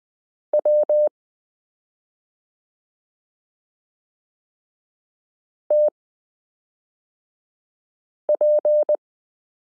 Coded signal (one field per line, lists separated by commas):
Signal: Morse code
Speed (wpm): 20 wpm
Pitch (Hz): 600 Hz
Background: none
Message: W TP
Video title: Morse Code Listening Lesson 15 - s u a p t l o w i (.)period n j e